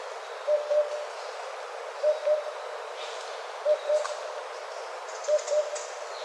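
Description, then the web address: Oriental cuckoo giving low, hollow double hoots, 'po-po', repeated about every one and a half seconds, with faint background hiss. Recorded on 4 June 2013. "birdenaga tutudori"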